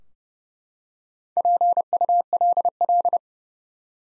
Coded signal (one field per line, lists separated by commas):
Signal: Morse code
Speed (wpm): 30 wpm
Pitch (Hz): 700 Hz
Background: none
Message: PULL